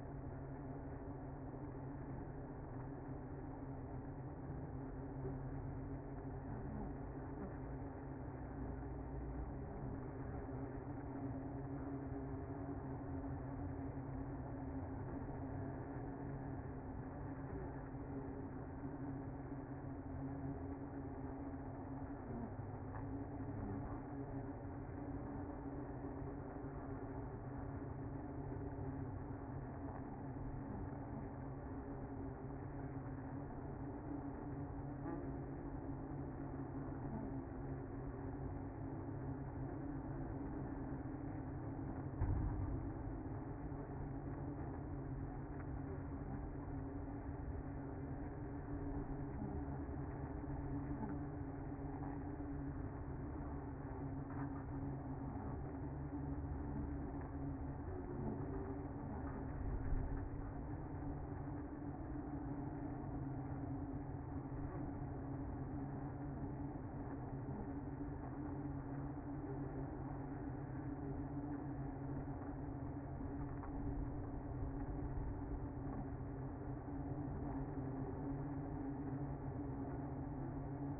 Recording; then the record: honeybee colony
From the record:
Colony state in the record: active